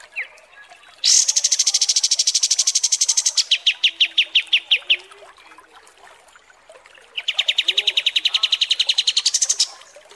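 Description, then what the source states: Kapas tembak song: a long high buzzy trill dropping into slower ringing notes, a pause, then another rapid trill ending on a high buzz. Masteran training recording of kapas tembak song.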